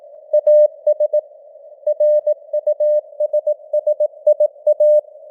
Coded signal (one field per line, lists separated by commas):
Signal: Morse code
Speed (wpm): 18 wpm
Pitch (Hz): 600 Hz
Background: none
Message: AS RUSSIA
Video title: Morse Code News | 2025-10-23 | 18wpm